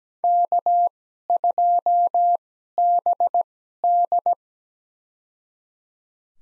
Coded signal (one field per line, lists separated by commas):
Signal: Morse code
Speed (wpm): 17 wpm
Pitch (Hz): 700 Hz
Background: none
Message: K2BD